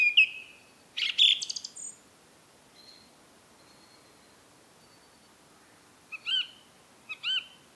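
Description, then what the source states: Song thrush song: loud sharp notes and a rich scratchy phrase, a long quiet gap with faint thin sounds, then a brief phrase repeated twice near the end. Recorded at Rambjøra on 30 March 2023 with a Zoom recorder.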